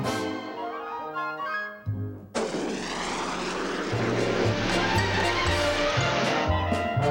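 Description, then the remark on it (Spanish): A short musical passage gives way to a sudden, loud jet propulsion roar in a Looney Tunes cartoon, a dense steady rushing noise that holds to the end while low musical tones carry on underneath. “Propulsión Jet.”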